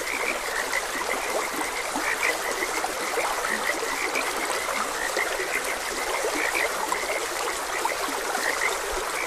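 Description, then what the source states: Frogs croak in a thick, even chorus of brief repeated notes while water babbles steadily beneath. Frogs croaking beside a gentle stream.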